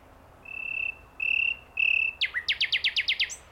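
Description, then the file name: Common nightingale song: three long, pure whistles on one pitch, then a fast run of sharp repeated notes ending in a high flourish. "Luscinia megarhynchos"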